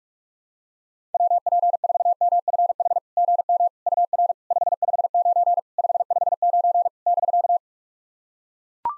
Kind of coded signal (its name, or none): Morse code